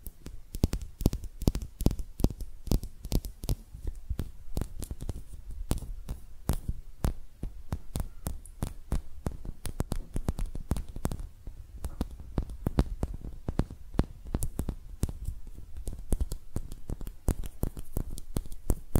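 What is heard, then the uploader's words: Hand sounds: a dense, irregular run of sharp taps and slaps, several each second, continuing without a break for the whole stretch. Some hits land harder than others. A low, steady hum sits underneath throughout. ASMR Relaxing Hand Sounds (No Talking).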